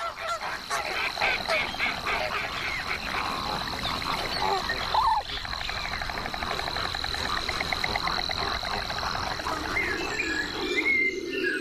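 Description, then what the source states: Flamingo calls, a dense chorus of nasal honking and gabbling from many birds, with a steady high buzz throughout. Flamingos complaining in the Guadalquivir marshes, in spring.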